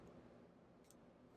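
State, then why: Partly seated. A plastic cap is pushed onto a fine drawing pen over a low, steady background. A faint, short click comes at 0.9 s. The cap only closes with a weak click rather than a firm positive one, and it stays wobbly.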